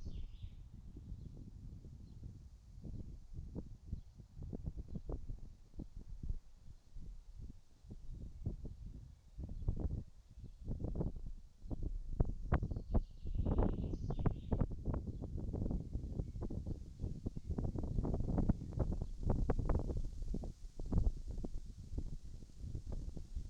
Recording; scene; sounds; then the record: everyday scene through a hearing-aid microphone; wind on the microphone; wind, birds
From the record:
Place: in front of a rural house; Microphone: in the ear canal, right